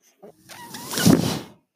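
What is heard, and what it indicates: A brief click, then a rising and fading mechanical whoosh with a faint whine: a person's own ventilator delivering a breath.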